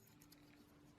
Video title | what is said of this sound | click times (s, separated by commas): LetZ Transform Kingdom CYCLONUS to Cyber Jet and Robot | and close it back up. Hear that nice click. Oh, so beautiful. | 0.2 s